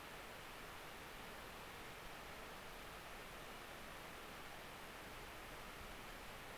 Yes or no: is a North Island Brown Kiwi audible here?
no